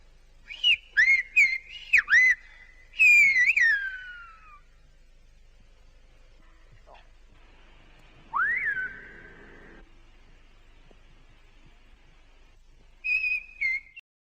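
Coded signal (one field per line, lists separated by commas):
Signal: whistled language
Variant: Silbo Gomero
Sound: loud gliding whistled phrases rising and falling, pauses, a fainter distant whistle reply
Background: outdoor quiet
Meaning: Asks the other man to wave his stick around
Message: Por favor, haga señas con el palo.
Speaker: Now I'm going to ask him to get him to wave his stick around. Por favor, haga señas con el palo.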